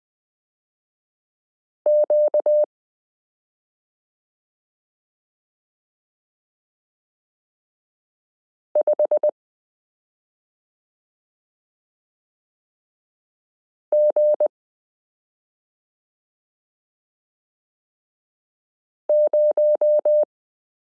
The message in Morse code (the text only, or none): Q5G0